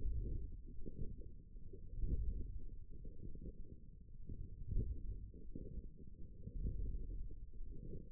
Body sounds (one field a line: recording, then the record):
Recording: forearm muscle sounds (acoustic myography)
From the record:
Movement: forearm supination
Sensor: system 1, eight BSWA MPA416 microphones around the upper forearm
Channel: 4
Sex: male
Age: 18 years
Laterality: right